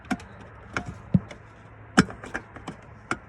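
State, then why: Seated. An H7 LED low beam bulb is lined up in the headlight housing of a 2010-2016 Kia Cadenza and twisted clockwise, producing a series of short, sharp plastic-like taps and clicks. The loudest click, at 2.0 s, is the bulb locking into the housing, leaving it seated and secure.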